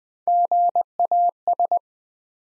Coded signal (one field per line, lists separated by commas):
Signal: Morse code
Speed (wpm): 20 wpm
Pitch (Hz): 700 Hz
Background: none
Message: GAS